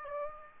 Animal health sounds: mosquito wingbeat signal from an infrared sensor; Aedes aegypti

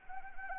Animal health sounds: mosquito wingbeat signal from an infrared sensor; Anopheles arabiensis

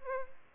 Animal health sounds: mosquito wingbeat signal from an infrared sensor; Aedes albopictus

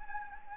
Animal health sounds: mosquito wingbeat signal from an infrared sensor; Anopheles gambiae

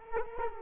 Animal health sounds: mosquito wingbeat signal from an infrared sensor; Culex quinquefasciatus

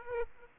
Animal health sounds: mosquito wingbeat signal from an infrared sensor; Aedes aegypti

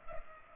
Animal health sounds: mosquito wingbeat signal from an infrared sensor; Culex pipiens

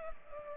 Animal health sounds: mosquito wingbeat signal from an infrared sensor; Culex pipiens

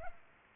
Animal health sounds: mosquito wingbeat signal from an infrared sensor; Culex pipiens

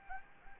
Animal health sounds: mosquito wingbeat signal from an infrared sensor; Anopheles gambiae

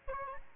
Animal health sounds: mosquito wingbeat signal from an infrared sensor; Aedes albopictus

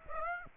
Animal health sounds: mosquito wingbeat signal from an infrared sensor; Aedes aegypti

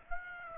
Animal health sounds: mosquito wingbeat signal from an infrared sensor; Aedes aegypti

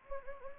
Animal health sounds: mosquito wingbeat signal from an infrared sensor; Anopheles gambiae

